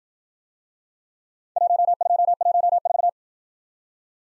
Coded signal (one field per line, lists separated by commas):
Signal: Morse code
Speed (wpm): 55 wpm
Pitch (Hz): 700 Hz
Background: none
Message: 1214